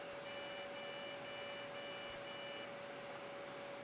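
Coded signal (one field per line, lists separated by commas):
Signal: beep code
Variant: EVGA motherboard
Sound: five short, evenly spaced electronic beeps over a constant low hum and hiss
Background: steady electrical hum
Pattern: 5 short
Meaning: Five beeps indicate a CMOS battery or CMOS fault, or a dead CPU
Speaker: the five consecutive beeps five beeps in a row from what i could see either means that there's a cmos battery failure or some issue with the cmos or the cpu is nuked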